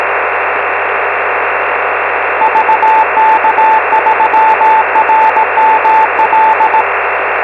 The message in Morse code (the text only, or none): VK3RML